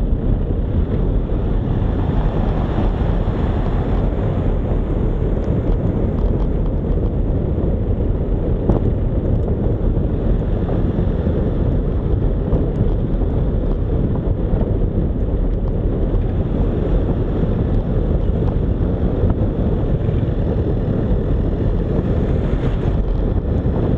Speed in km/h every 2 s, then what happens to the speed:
37, 39, 37, 36, 37, 37, 36, 34, 36, 37, 42, 43.
0-15 steady at about 37. 15-24 speeds up to 43.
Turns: none.